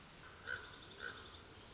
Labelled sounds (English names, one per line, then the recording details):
Common Raven
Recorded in Sonoma County, California